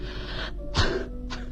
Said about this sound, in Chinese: 不停地咳嗽着，我翻来覆去的睡不着。